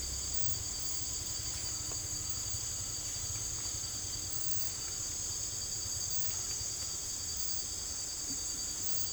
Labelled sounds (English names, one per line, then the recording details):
none
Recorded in secondary vegetation near Puerto Asís, Putumayo, Colombia, on 22 December 2024 at 18:30
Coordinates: 0.468, -76.324
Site G095